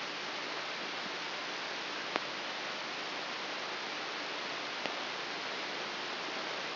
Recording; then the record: brain microelectrode recording played as sound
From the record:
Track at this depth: inside the subthalamic nucleus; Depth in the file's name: 2.1 mm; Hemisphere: left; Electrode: 3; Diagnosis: Parkinson's disease